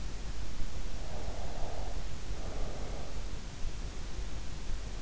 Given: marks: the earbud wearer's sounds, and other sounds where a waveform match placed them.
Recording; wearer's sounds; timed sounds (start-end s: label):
sounds in sleep by an in-ear microphone; breath
1.08-3.20 s: breath